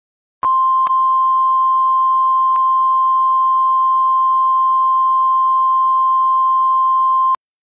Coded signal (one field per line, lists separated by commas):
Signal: Emergency Alert System (SAME) tones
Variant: 1050 Hz attention tone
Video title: First time using (actual) Valid EAS Tones!